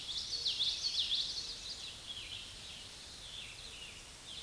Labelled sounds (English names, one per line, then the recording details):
Common Yellowthroat song
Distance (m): 5 m
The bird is about level with the microphone
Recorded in a Pennsylvania forest on 16 May 2024 at 06:05
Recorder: AudioMoth, point MSD-2456
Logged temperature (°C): 16.4 °C
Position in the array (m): 199 m, 110 m